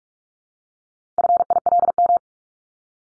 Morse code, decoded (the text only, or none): FILM